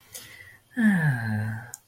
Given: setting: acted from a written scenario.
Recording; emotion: vocal sound without words; romantic love